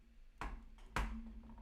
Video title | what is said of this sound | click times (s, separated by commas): 🔴 LEGO Star Wars The Onyx Cinder LIVE Build! | hang on hey there we go a satisfying click so I assume you're going to be able to pop a c | 0.4 s, 1.0 s